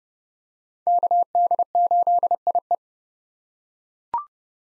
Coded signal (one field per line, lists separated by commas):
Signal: Morse code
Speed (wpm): 30 wpm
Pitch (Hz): 700 Hz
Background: none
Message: KD8IE